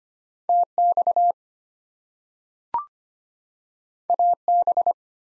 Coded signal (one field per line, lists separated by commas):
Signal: Morse code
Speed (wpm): 25 wpm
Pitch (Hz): 700 Hz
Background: none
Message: TX AB